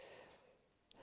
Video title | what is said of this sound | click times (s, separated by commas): Knipex Pliers, Good or Garbage? | So, and it locks into place. But | 0.9 s